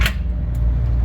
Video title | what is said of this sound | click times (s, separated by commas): Sterling Fleet Outfitters - 6 5' Fiber Optic Splicing Truck Cap (SB-03) | locks in place merely an inch above the original step so very well designed you can | 0.0 s